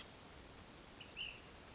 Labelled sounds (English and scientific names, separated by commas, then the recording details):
Ash-throated Flycatcher (Myiarchus cinerascens)
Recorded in Sonoma County, California